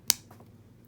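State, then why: Seated. A plastic blaster from the LEGO 501st Clone Troopers Battle Pack is forced hard into the second plastic hand of the officer minifigure, whose hands seem printed too tight together. It pops into place with a sharp, bright snap at 0.1 s, followed by faint soft ticks around 0.3 and 0.4 s. The blaster ends up seated in the hand.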